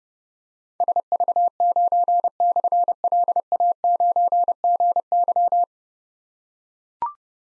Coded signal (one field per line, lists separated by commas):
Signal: Morse code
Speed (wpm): 28 wpm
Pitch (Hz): 700 Hz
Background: none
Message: SV9/LA9GY